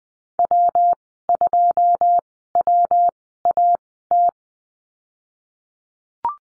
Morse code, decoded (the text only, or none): W2WAT